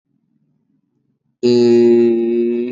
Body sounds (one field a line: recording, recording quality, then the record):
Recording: sustained vowel as in made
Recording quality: excellent, no background noise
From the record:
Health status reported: COVID-19 positive, mild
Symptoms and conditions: none ticked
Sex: female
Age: 24 years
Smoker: not ticked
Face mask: not worn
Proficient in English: yes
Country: India